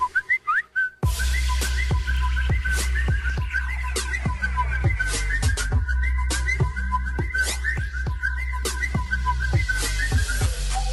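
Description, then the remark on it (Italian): A whistled ringtone melody opens briefly, then a remix kicks in with a heavy, steady bass beat and regular percussion under the repeating whistled tune, loud and continuous with no talking. “Questa è una suoneria di...”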